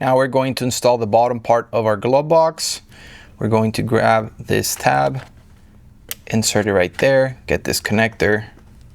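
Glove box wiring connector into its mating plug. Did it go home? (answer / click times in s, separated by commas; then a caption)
no / none. Someone talks while installing the bottom part of the glove box in a 2024 Toyota Tacoma, inserting its tab and taking hold of the plastic electrical wiring connector that goes into its mating plug. A brief sharp tap is heard near 6.1 s between the speech. The clip ends before the connector goes home, and nothing has seated or clicked yet.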